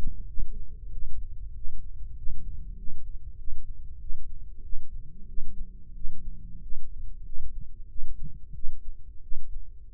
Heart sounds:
heart sounds by microphone in the right ear; 93 bpm
0.26 s: heartbeat
0.90 s: heartbeat
1.53 s: heartbeat
2.15 s: heartbeat
2.76 s: heartbeat
3.36 s: heartbeat
3.99 s: heartbeat
4.62 s: heartbeat
5.26 s: heartbeat
5.93 s: heartbeat
6.60 s: heartbeat
7.23 s: heartbeat
7.87 s: heartbeat
8.53 s: heartbeat
9.20 s: heartbeat
9.91 s: heartbeat
From the record:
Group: healthy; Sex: female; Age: 19 years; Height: 163 cm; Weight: 51 kg

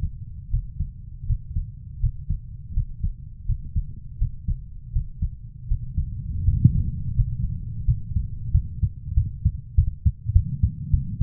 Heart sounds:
heart sounds by stethoscope; 87 bpm
0.50 s: heartbeat
1.26 s: heartbeat
2.00 s: heartbeat
2.73 s: heartbeat
3.46 s: heartbeat
4.18 s: heartbeat
4.92 s: heartbeat
5.68 s: heartbeat
6.45 s: heartbeat
7.14 s: heartbeat
7.85 s: heartbeat
8.51 s: heartbeat
9.14 s: heartbeat
9.75 s: heartbeat
10.33 s: heartbeat
10.90 s: heartbeat
From the record:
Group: healthy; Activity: Valsalva maneuver 0-8 s, rest 8-11 s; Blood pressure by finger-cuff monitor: 123/76 mmHg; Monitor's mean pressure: 93 mmHg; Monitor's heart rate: 81 bpm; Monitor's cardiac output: 5.9 L/min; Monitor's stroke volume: 74 mL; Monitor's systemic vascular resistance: 1090 dyn s/cm5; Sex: female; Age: 24 years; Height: 163 cm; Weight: 55.7 kg

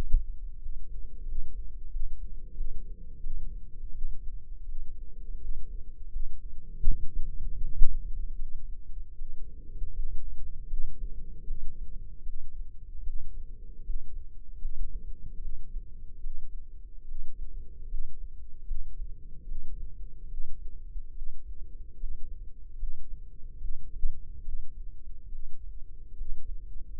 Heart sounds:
heart sounds by microphone in the left ear; 77 bpm
0.57 s: heartbeat
1.23 s: heartbeat
1.88 s: heartbeat
2.53 s: heartbeat
3.19 s: heartbeat
3.90 s: heartbeat
4.64 s: heartbeat
5.37 s: heartbeat
6.08 s: heartbeat
6.81 s: heartbeat
7.57 s: heartbeat
8.35 s: heartbeat
9.14 s: heartbeat
9.91 s: heartbeat
10.66 s: heartbeat
11.43 s: heartbeat
12.22 s: heartbeat
13.02 s: heartbeat
13.82 s: heartbeat
14.58 s: heartbeat
15.38 s: heartbeat
16.19 s: heartbeat
17.04 s: heartbeat
17.86 s: heartbeat
18.63 s: heartbeat
19.44 s: heartbeat
20.27 s: heartbeat
21.11 s: heartbeat
21.96 s: heartbeat
22.75 s: heartbeat
23.57 s: heartbeat
24.41 s: heartbeat
25.28 s: heartbeat
26.13 s: heartbeat
26.93 s: heartbeat
From the record:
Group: healthy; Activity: rest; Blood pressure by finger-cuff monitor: 140/88 mmHg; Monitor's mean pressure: 103 mmHg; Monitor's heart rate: 77 bpm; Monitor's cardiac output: 6.5 L/min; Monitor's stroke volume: 83 mL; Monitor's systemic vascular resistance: 1150 dyn s/cm5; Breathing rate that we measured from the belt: 14 breaths a minute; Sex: female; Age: 22 years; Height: 171 cm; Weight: 65.6 kg

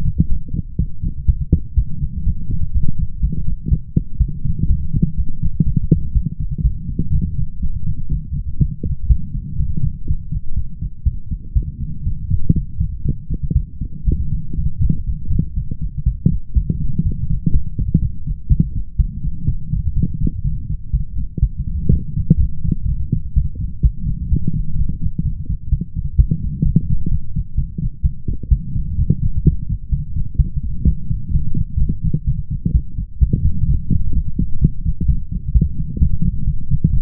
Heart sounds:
heart sounds by stethoscope; 125 bpm
0.28 s: heartbeat
0.77 s: heartbeat
1.26 s: heartbeat
1.75 s: heartbeat
2.24 s: heartbeat
2.72 s: heartbeat
3.21 s: heartbeat
3.69 s: heartbeat
4.18 s: heartbeat
4.67 s: heartbeat
5.16 s: heartbeat
5.64 s: heartbeat
6.13 s: heartbeat
6.62 s: heartbeat
7.12 s: heartbeat
7.60 s: heartbeat
8.09 s: heartbeat
8.58 s: heartbeat
9.08 s: heartbeat
9.57 s: heartbeat
10.06 s: heartbeat
10.55 s: heartbeat
11.04 s: heartbeat
11.53 s: heartbeat
12.03 s: heartbeat
12.53 s: heartbeat
13.03 s: heartbeat
13.53 s: heartbeat
14.05 s: heartbeat
14.55 s: heartbeat
15.05 s: heartbeat
15.54 s: heartbeat
16.04 s: heartbeat
16.54 s: heartbeat
17.03 s: heartbeat
17.52 s: heartbeat
18.00 s: heartbeat
18.48 s: heartbeat
18.97 s: heartbeat
19.46 s: heartbeat
19.94 s: heartbeat
20.42 s: heartbeat
20.91 s: heartbeat
21.40 s: heartbeat
21.90 s: heartbeat
22.38 s: heartbeat
22.86 s: heartbeat
23.34 s: heartbeat
23.82 s: heartbeat
24.29 s: heartbeat
24.76 s: heartbeat
25.23 s: heartbeat
25.70 s: heartbeat
26.16 s: heartbeat
26.63 s: heartbeat
27.09 s: heartbeat
27.55 s: heartbeat
28.02 s: heartbeat
28.49 s: heartbeat
28.96 s: heartbeat
29.43 s: heartbeat
29.90 s: heartbeat
30.37 s: heartbeat
30.84 s: heartbeat
31.31 s: heartbeat
31.78 s: heartbeat
32.25 s: heartbeat
32.72 s: heartbeat
33.19 s: heartbeat
33.66 s: heartbeat
34.13 s: heartbeat
34.60 s: heartbeat
35.06 s: heartbeat
35.53 s: heartbeat
35.99 s: heartbeat
36.45 s: heartbeat
36.91 s: heartbeat
From the record:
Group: healthy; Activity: light exercise 0-34 s, rest 34-37 s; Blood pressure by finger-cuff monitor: 109/78 mmHg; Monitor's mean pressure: 87 mmHg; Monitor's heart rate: 124 bpm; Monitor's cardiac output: 9 L/min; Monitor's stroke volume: 72 mL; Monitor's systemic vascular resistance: 710 dyn s/cm5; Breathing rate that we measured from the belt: 24 breaths a minute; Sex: female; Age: 19 years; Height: 163 cm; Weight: 48.9 kg

